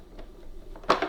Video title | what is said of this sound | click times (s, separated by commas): How to change the motor filter on Amazon Basics Vacuum Cleaner | and then it just clicks in like so | 0.9 s